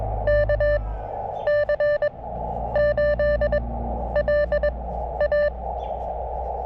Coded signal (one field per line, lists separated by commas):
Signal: Morse code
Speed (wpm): 23 wpm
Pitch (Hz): 590 Hz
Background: none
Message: KC8LA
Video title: CW POTA at US-2145 Stony Brook State Park